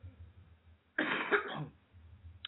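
One short, harsh adult cough lasting under a second, set against quiet low background hum.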